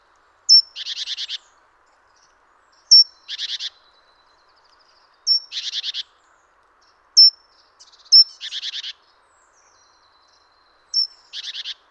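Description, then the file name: Great tit call, a thin high whistled note followed by a buzzy churring rattle, repeated about every two to three seconds, five times. "Parus major"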